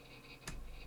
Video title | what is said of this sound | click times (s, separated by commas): Mad Dawg Wes 2025 PC Build | There it snapped on that side. | 0.5 s